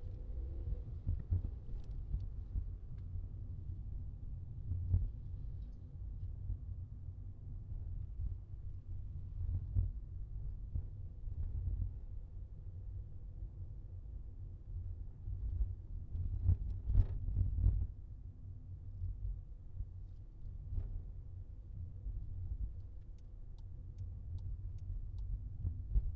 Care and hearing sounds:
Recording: everyday scene through a hearing-aid microphone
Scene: in a vehicle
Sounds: engine, highway traffic jam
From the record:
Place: Skoda Fabia, gasoline engine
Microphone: in the ear canal, left

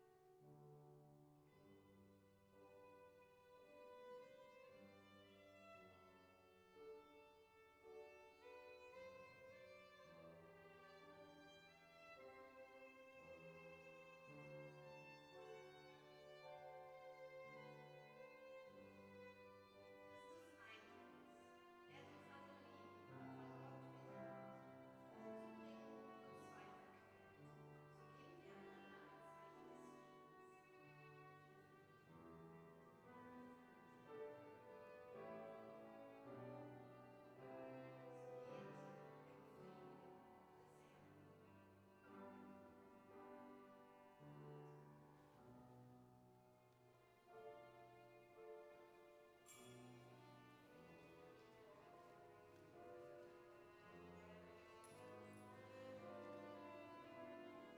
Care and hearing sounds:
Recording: everyday scene through a hearing-aid microphone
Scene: reverberant space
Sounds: music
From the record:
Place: church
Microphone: behind the ear, right, rear

